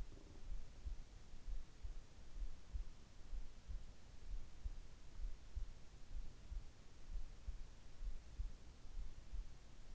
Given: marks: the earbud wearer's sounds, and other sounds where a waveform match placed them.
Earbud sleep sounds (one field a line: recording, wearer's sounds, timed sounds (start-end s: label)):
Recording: sounds in sleep by an in-ear microphone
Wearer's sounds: breath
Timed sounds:
0.00-0.51 s: breath